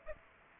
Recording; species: mosquito wingbeat signal from an infrared sensor; Aedes aegypti